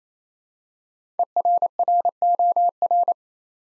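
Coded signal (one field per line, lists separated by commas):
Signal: Morse code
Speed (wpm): 27 wpm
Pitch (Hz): 700 Hz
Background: none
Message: ERROR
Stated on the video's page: Morse practice at 28 wpm: five-letter words, first letters spoken, each word sent twice for head-copy training.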